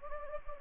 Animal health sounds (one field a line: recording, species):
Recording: mosquito wingbeat signal from an infrared sensor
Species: Anopheles gambiae